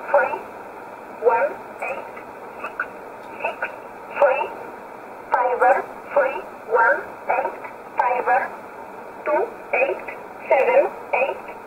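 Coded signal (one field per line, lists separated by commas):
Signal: numbers station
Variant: E11 Oblique, English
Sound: a single voice reading short evenly spaced words, like numbers, over narrow-band radio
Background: radio static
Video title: 11 10 2019 E11 Oblique Numbers station in English 1008 on 7317 unknown tx site in USB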